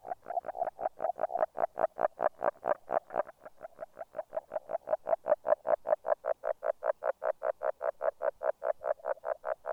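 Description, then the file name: Agile frog calling a steady fast series of short hollow knocks, continuing throughout. "salamandre grenouille-agile"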